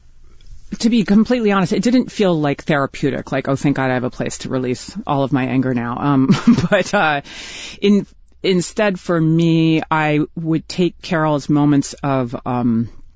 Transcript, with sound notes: To be completely honest, it didn't feel, like, therapeutic, like, oh, thank God I have a place to release all of my anger now. (Laughter) But instead, for me, I would take Carol's moments of